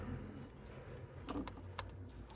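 A hose coupling in the PCV system of a 1999–2008 Porsche 996 911 Carrera (3.4L and 3.6L) is pushed back onto the pump fitting during an air oil separator (AOS) replacement, because it was not all the way in before. Faint handling noises tick at about 1.3 and 1.5 s, then a sharp click at 1.8 s marks the coupling seating fully on the pump.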